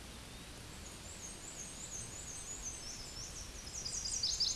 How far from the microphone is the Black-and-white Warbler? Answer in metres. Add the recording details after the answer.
about 45 m. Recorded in a Pennsylvania forest on 18 May 2023 at 13:55. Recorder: AudioMoth, point grid1_29_low. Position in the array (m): 75 m, 103 m